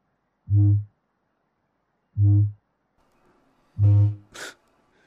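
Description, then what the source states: Kakapo booming: three deep, resonant low hoots about 1.7 seconds apart, followed by a short breathy burst. Male mating boom of a flightless parrot, likened to a low toot on a bass clarinet.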